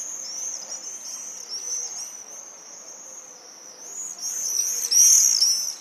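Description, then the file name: Swifts giving high, thin screaming calls in a near-continuous shrill band, growing louder and more layered toward the end. Several swifts on 26 July 2014 at 09:16. "140726-0916 swifts"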